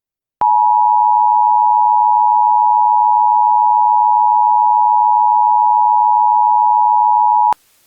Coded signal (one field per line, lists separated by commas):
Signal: Emergency Alert System (SAME) tones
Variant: 853 and 960 Hz attention tone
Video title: EAS Scenario: A Trio of Disasters